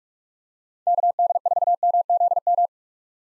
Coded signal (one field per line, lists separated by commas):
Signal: Morse code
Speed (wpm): 46 wpm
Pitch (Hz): 700 Hz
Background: none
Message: KD4MZM